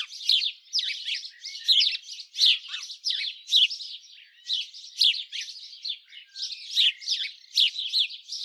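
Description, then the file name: House sparrow calls: a steady run of loud, sharp chirps, each note slightly varied in pitch, nothing else clearly audible. "Passer domesticus"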